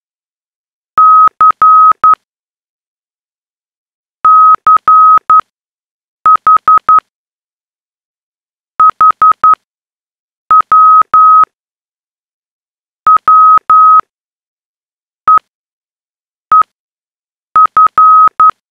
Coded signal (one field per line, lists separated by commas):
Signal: Morse code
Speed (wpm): 11 wpm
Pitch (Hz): 1270 Hz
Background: none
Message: CCHHWWEEF